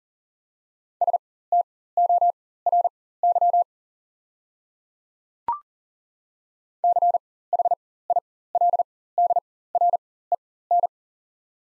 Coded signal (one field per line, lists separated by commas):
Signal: Morse code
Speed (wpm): 40 wpm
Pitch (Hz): 700 Hz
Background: none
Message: STORY CHILDREN